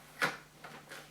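A flexible vacuum hose is pushed into the hose port on a Shark Lift Around portable vacuum cleaner unit, model NP320UKL. A louder broadband rustle at about 0.2 s is followed by a sharp click at 0.7 s and a softer sound near 0.9 s. The hose is seated and in place.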